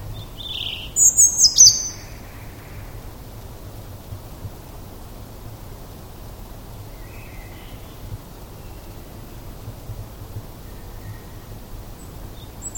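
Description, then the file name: European robin giving a short burst of thin, high twittering notes near the start, followed by a long stretch of quiet with a low background hum. "Erithacus rubecula"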